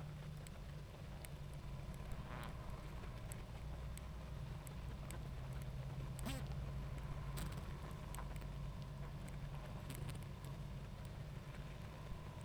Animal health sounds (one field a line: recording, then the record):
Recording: honeybee colony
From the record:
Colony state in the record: active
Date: 28 July 2017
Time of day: 20:48